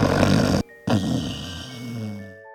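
Two loud, low, rattling snore bursts from an adult sleeper; the second fades out under soft chiming tones. Typical snoring.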